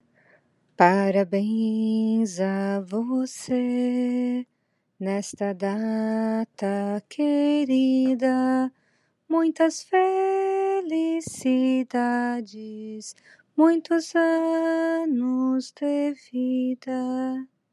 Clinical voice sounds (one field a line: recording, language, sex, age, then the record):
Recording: short text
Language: Brazilian Portuguese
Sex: female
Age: 30 to 39 years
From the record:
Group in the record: control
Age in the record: 39 years